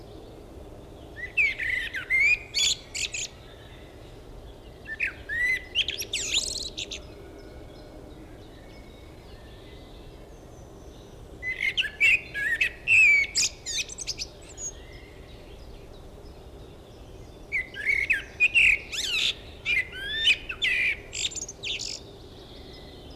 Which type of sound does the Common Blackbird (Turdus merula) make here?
song